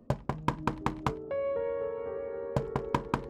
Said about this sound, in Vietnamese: Đang ngồi bên trong thì cánh cửa nhà vệ sinh có tiếng gõ vang lên.